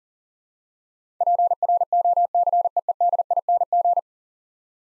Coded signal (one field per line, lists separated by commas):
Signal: Morse code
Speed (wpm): 41 wpm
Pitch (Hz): 700 Hz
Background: none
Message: PROCEEDING